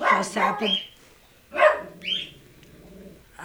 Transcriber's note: a dog barks